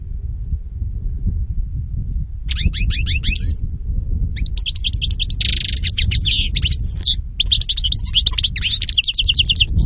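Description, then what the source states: European goldfinch song starts after a few seconds of low rumbling noise: quick tinkling chirps, a buzzy rasp, then more lively twittering to the end. Spanish goldfinch lure call (reclamo).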